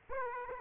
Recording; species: mosquito wingbeat signal from an infrared sensor; Aedes aegypti